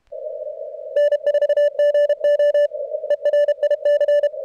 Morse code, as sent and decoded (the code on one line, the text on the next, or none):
-. ....- --. --- / . .-. .. -.-.
N4GO ERIC